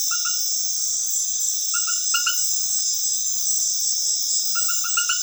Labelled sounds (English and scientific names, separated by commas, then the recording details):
none
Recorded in dense forest near Puerto Asís, Putumayo, Colombia, on 20 February 2024 at 21:30
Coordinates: 0.505, -76.324
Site G6467